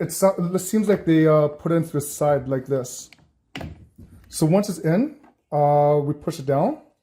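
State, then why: Not seated. Someone talks while a removable insert is slid into the side of a pump unit and then pushed down, with a few faint handling noises during a pause in the talk. The clip ends before the insert goes home, so nothing has seated or clicked yet.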